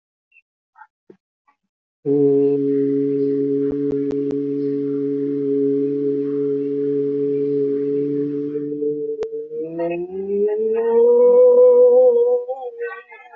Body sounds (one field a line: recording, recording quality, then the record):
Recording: sustained vowel as in boot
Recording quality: excellent, no background noise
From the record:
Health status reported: healthy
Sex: male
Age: 30 years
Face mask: not worn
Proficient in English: yes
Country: India